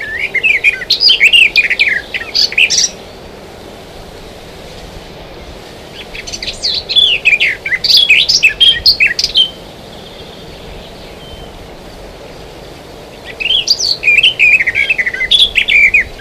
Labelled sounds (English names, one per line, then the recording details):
Garden Warbler song
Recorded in the wild
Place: Clausthal-Zellerfeld, Oberharz, Niedersachsen, DE
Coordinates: 51.78, 10.33
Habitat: forest
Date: 1985-06-09
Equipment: Sony WM-D6C, Big Ear
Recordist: Skiba, Reinald
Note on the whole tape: Buntenbrock